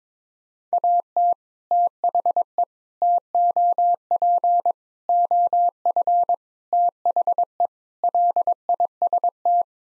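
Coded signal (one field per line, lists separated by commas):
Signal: Morse code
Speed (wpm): 22 wpm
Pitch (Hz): 700 Hz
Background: none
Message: AT THE TOP OF THE LIST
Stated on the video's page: Morse code practice at 22 wpm: sets of six common English words, each sent in Morse, then spoken, then sent again, for head-copy training.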